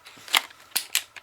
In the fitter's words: there, and it locks into place.